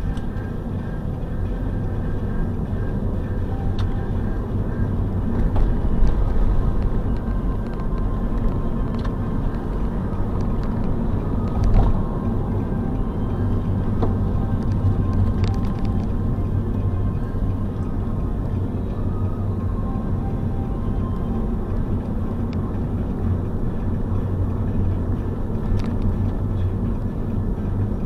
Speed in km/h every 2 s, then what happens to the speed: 29, 34, 41, 46, 49, 50, 48, 45, 41, 39, 38, 40, 38, 33.
0-9 speeds up to 50. 9-28 slows to 33.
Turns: 14-28.